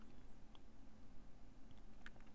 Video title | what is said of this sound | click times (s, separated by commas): Unboxing Samsung Galaxy Note 3 VS Galaxy Note 2 | Et ça se clipse, hein, exactement encore une fois, là comme sur le Note 2, ça se clipse et puis ça tient très bien. | 2.1 s, 2.2 s